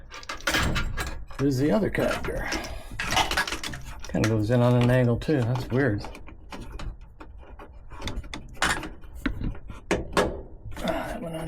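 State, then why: Seated. A plastic harness connector is pushed onto the windshield wiper switch of a 1963 Chevy C10 during replacement of the main underdash harness; it goes in at an angle. Someone talks while small handling clicks and rattles are heard, then the connector seats with a sharp little click at 9.9 s.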